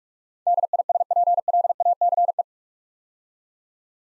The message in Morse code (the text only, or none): DISPLACE